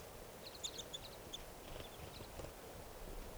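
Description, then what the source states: Red crossbill calls, a quick scatter of short, high chipping notes over about two seconds, against steady background noise. Type 5 call type; a pair, both gray, looking like adult females, one approaching.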